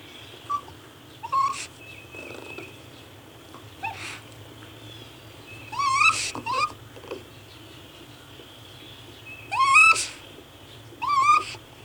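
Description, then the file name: Raccoon calling with brief rising whimpers in scattered bursts, some doubled, separated by quiet stretches over a steady background hum. "Animal Raccoon"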